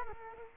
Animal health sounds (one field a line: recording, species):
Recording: mosquito wingbeat signal from an infrared sensor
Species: Culex quinquefasciatus